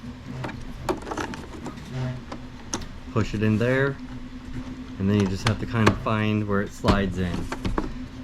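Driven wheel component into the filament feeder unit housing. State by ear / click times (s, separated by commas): not seated / none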